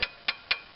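A click-type torque wrench tightens a mounting bolt on the serpentine belt tensioner assembly of a 1993 Chevy S10's 4.3L V6. After a first sharp tick near 0.0 s, two crisp metallic clicks follow at 0.3 s and 0.5 s as the wrench releases at its set torque, confirming the bolt is torqued to spec.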